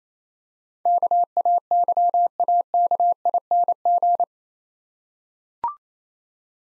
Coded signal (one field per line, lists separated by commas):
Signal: Morse code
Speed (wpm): 28 wpm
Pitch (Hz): 700 Hz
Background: none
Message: KAYAKING